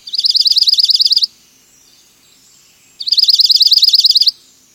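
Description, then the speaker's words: Junco trill: two bright, ringing trills of rapid repeated chip notes, each lasting just over a second, separated by a silent gap of under two seconds. Juncos that winter in Washington, soon leaving for mountain forests in spring; ringing trills. "Even most of the juncos that winter here will soon leave for mountain forests, taking their ringing trills with them."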